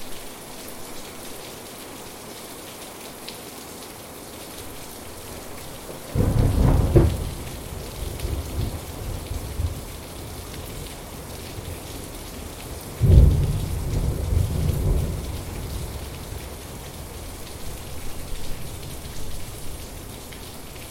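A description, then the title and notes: Steady rain hisses throughout this thunderstorm, with deep rumbling swells rising around six seconds and again near thirteen, each fading slowly. A soundscape of thunderstorm recordings.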